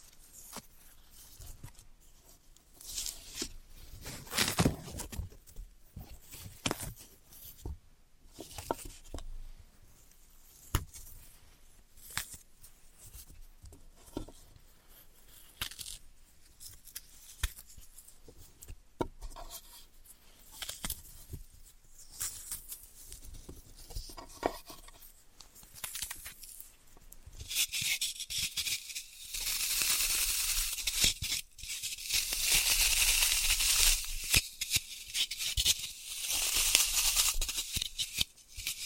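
Floral foam is tapped, cut and crushed in quick irregular bursts of crackling and scraping, turning to a denser, hissing crunch after thirty seconds.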